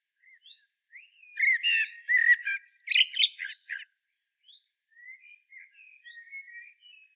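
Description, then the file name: Common blackbird delivering a loud fluted warble with squeaky high overtones, followed by several seconds of soft, scattered bird notes. "Turdus merula"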